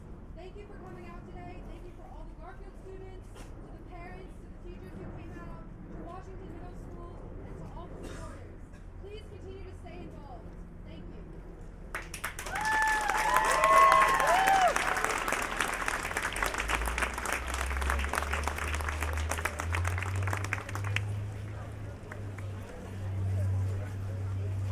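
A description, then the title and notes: Voices talk at a National School Walkout at Garfield High School in Seattle for the first twelve seconds, with a low rumble underneath. Then a loud burst of crowd noise, clapping and cheering takes over until about twenty-one seconds, while a vehicle's low drone rises near the end. National School Walkout: Garfield High School, Seattle, WA. The collective scratchy sound of humans trying to be quiet in the midst of city noise becomes more intense when listening back. Recording Method: DPA 4060 pair as binaural -> Sound Devices MixPre-3.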